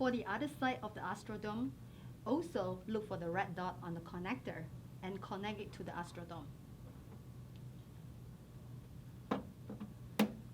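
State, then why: Seated. A woman talks while lining up a hose connector by its red dot and pushing it into the connector hole on the other side of a facial dome device. After the talk stops, a faint tap comes at 9.3 s. A sharp click at 10.2 s marks the connector seating in the port.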